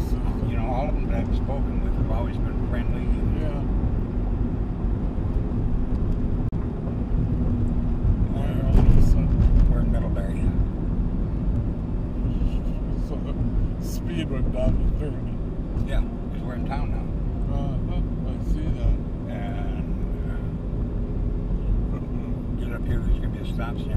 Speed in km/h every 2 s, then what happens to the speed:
78, 76, 70, 65, 62, 58, 56, 54, 54, 53, 52, 51.
0-14 slows to 54. 14-24 steady at about 53.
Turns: none.